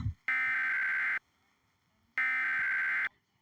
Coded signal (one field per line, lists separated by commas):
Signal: Emergency Alert System (SAME) tones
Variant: header bursts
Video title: reacting eas scenario the fog is comming